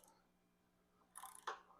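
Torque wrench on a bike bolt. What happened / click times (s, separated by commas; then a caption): Torque wrench clicks at its setting / 1.5 s. A torque wrench tightens the next bolt on the other side of a bike, specifically an Intense Tazer MX Pro Carbon e-MTB. After some quiet ratcheting and small ticks, the wrench gives one sharp click at 1.5 s. That click means the bolt has reached its torque setting.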